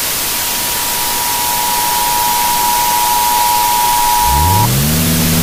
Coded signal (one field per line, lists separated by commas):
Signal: Emergency Alert System (SAME) tones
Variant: 853 and 960 Hz attention tone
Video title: 7:28 - EAS MOCK - part 1